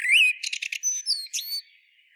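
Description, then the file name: Eurasian blackbird giving a short rising fluted note followed by a quick run of high, clipped chirps and squeaky whistles. "Turdus merula"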